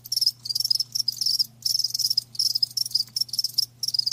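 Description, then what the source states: Cricket chirping in dense pulsed bursts, high and shrill, broken by brief pauses, with a faint steady low hum beneath. Live crickets chirping; a lulling song.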